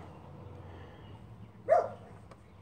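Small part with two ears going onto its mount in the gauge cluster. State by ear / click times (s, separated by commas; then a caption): not seated / none. A small part with two ears is slid onto its mount in an F-150 truck gauge cluster over a low steady hum. A short louder scrape is heard around 1.7 s and a faint tick at 2.3 s, both handling noise. The part has not yet popped into place.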